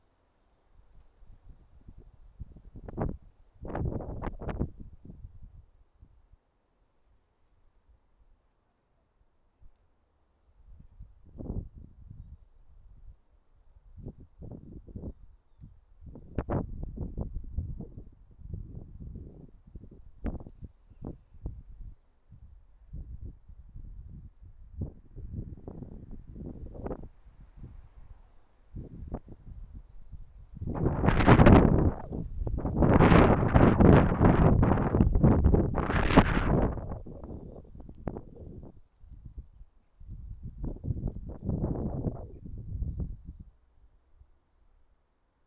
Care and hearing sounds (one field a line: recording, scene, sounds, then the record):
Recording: everyday scene through a hearing-aid microphone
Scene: wind on the microphone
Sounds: wind, traffic, voices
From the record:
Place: suburban garden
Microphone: behind the ear, left, front